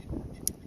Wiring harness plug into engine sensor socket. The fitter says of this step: you hear it click, then slide the lock.